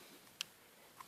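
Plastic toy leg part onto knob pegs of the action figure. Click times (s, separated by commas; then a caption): 0.4 s. While transforming a Transformers Prime Starscream action figure, its plastic legs are brought up and around and pushed onto small plastic knob pegs. A sharp, bright click sounds at 0.4 s as a leg seats onto its knob, followed by a fainter tick at 1.0 s over quiet background hiss.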